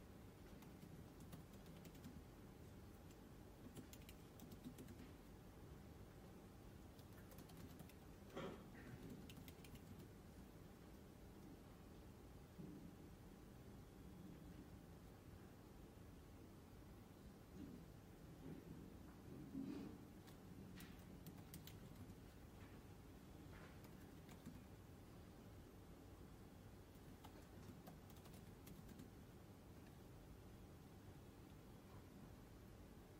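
Quiet ambience in a Glasgow library: a steady, low hum runs through the whole recording. Soft knocks and small clicks break in now and then, the clearest near the eight- and twenty-second marks, with faint light ticks scattered between them.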